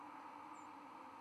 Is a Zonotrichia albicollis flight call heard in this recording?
no